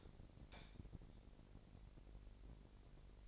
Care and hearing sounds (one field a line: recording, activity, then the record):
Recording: daily activity, microphone in the room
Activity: light on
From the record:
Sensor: 5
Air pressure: 1012.0 hPa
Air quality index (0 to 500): 250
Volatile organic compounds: 4 ppm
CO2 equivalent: 1702 ppm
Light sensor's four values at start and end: 41/94/39/42 and 42/99/41/44